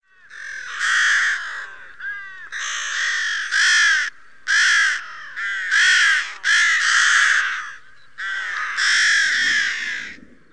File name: corvus frugilegus